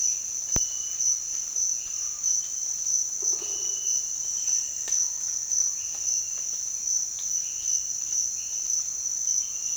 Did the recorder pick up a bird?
no